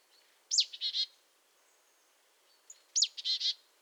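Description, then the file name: Marsh tit calls: two phrases, each a sharp high downslurred note followed by a short burst of buzzy notes, about two and a half seconds apart. "Poecile palustris"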